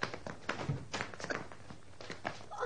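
footsteps walking away

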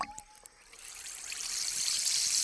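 rain falling

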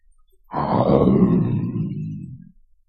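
lion roaring

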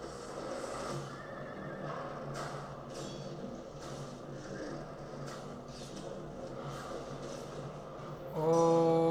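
horse neighing

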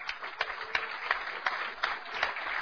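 audience applause

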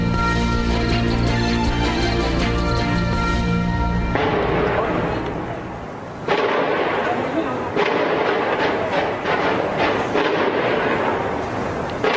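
gunshots

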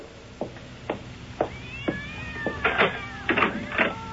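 cats meowing

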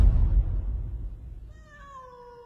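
cat meowing

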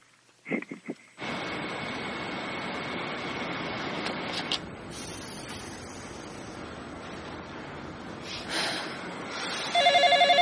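telephone bell ringing

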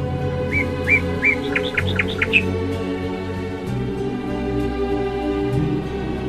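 small birds chirping

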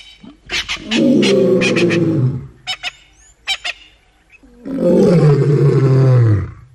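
lion roaring

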